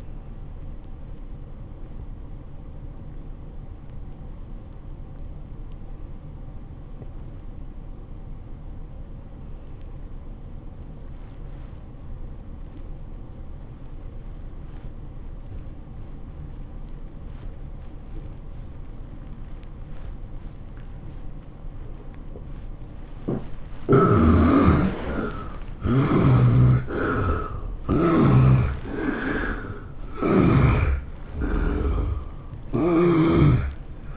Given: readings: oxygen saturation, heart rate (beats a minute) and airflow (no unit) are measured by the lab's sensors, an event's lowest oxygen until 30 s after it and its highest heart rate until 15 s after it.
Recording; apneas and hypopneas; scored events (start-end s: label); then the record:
breathing in sleep by a smartphone at the bedside; 1
3.00-25.30 s: obstructive apnea (N2, oxygen 96% highest, then 68% lowest, heart rate 96 at the start, 111 highest)
26.00-34.17 s: new sleep stage, N1 (lightest sleep)
From the record:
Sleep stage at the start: N2 (light sleep); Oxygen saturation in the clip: 71 to 96%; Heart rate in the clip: 78 to 111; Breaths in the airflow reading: 4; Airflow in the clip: -14.0 to 9.3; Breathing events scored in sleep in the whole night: 403 in 5.5 hours asleep